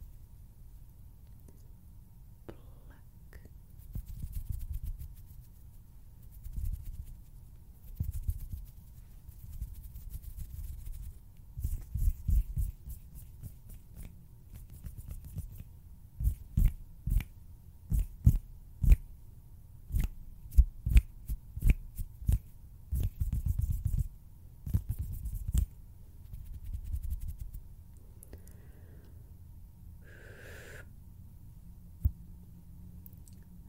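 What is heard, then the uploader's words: Hand sounds and finger fluttering: soft low rustles and brushes with bursts of quick, sharp clicks and snaps, densest between about 11 and 27 seconds. Near the end a brief bright tone appears, then things settle into quiet low rustling. HAND SOUNDS. FINGER FLUTTERING.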